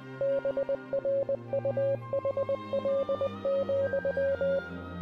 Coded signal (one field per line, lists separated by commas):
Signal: Morse code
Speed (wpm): 20 wpm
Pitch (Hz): 550 Hz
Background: music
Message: BRUHL,